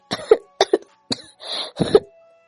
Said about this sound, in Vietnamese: Sở Phi Ca quỳ trên mặt đất, kịch liệt ho khan, máu tươi từ bên khóe miệng nàng tràn ra, chậm rãi nhỏ xuống ở trên phiến đá màu đen.